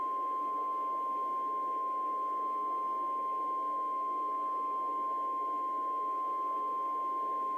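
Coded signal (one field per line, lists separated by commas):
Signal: Emergency Alert System (SAME) tones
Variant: 1050 Hz attention tone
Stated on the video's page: Fictional scenario; some of the tones are fictional.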